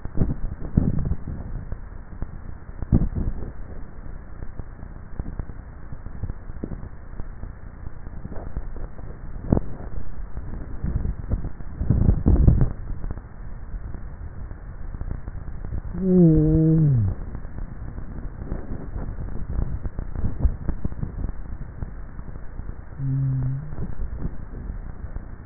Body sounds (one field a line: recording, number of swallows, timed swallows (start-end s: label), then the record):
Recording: swallowing sounds by neck microphone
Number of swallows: 4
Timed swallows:
2.53-3.78 s: swallow
8.48-9.22 s: swallow
19.78-20.95 s: swallow
23.88-24.48 s: swallow
From the record:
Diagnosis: dysphagia